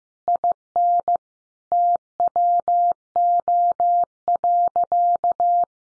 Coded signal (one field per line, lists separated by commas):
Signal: Morse code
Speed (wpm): 14 wpm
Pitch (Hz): 700 Hz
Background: none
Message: IN TWO.